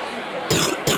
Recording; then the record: coughing mixed with background sound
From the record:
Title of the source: Wet coughing